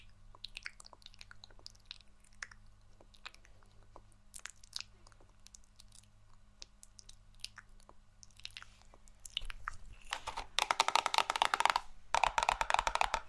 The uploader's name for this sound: ASMR Assortment Of Relaxing RED Triggers